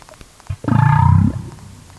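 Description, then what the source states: Humpback whale call, a deep pulsing low tone with a bright overtone sweeping upward, lasting under a second, preceded by a short thump. Twain, a 38-year-old female humpback, answering played-back whoop calls about 34 seconds after the third try.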